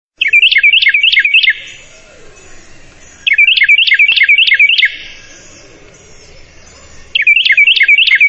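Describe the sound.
Wren song: three bursts of loud, rapid, high chattering notes, each lasting over a second, separated by quiet gaps of about two seconds.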